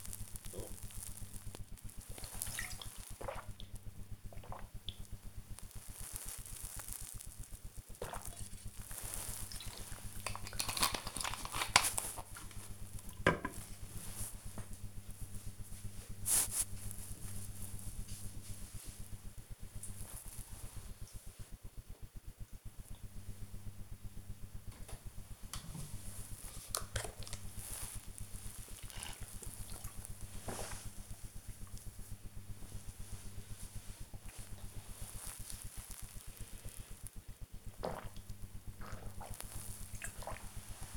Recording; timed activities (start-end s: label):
household activities, microphone on the right wrist
0.00-10.57 s: drinking
24.65-40.97 s: drinking